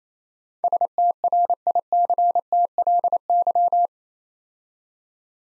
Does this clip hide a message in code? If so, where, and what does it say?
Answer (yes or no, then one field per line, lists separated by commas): yes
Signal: Morse code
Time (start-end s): 0.6-3.9 s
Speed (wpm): 29 wpm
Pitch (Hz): 700 Hz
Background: none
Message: STRICTLY